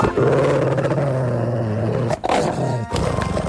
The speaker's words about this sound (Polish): Lekko zwolnił psa ze smyczy. Wilczur tylko na to czekał, wychowany, wyszkolony do ataków na człowieka. Pies zażarcie rwie sukienkę.